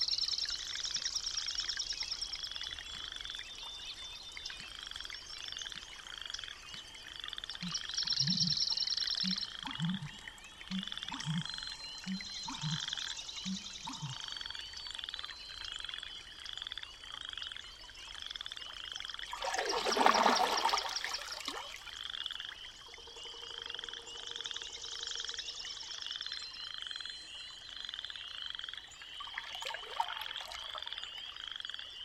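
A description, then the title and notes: Frogs and toads croak in a steady, dense chorus of rapid, regular pulses all the way through. Around 8–13 seconds a run of low, evenly spaced croaks joins in. A loud sweeping rush hits near 20 seconds, and a shorter burst comes near 30. After a long winter in northern Minnesota, everything seems to awaken at once.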